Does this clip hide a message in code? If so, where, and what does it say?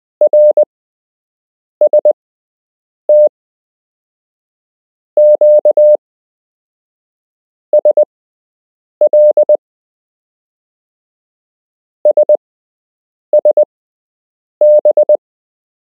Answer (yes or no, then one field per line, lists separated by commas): yes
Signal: Morse code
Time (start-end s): 0.2-15.2 s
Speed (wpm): 20 wpm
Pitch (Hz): 600 Hz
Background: none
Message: RST QSL SSB